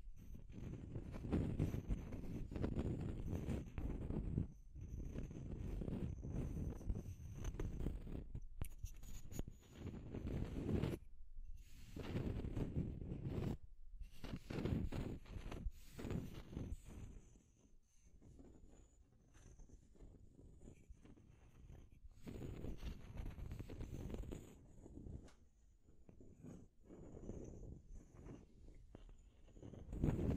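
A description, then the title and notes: Deep scratching with a low, rough rumble comes in bursts that rise and fall, separated by short silent gaps near 5, 11 and 14 seconds. Strokes get quieter and sparser after about 17 seconds, then swell again toward 25 seconds and at the very end. Deep Scratching. (No Talking).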